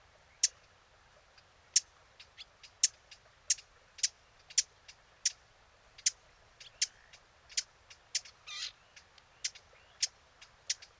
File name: Sylvia atricapilla